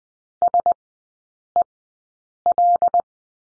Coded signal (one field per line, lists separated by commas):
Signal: Morse code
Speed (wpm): 19 wpm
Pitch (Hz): 700 Hz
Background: none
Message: SEL